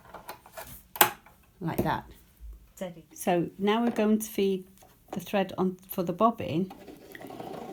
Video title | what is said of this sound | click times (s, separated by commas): How to Thread your 🧵 Lidl Singer Tradition Tutorial 2282 ✂️🧵🌸 | when that's at the highest point this will click into place easily like | 1.0 s